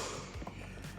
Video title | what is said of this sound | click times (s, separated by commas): Lucky8's Range Rover L405 Window Switch Installation Guide | you can hear it it snaps in and this is kind of how I was getting them out | 0.5 s